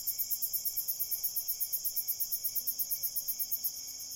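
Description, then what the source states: Cricket chorus of fast, regular high chirps layered over a constant shrill hum, fading slightly near the end. Crickets at night in a cornfield.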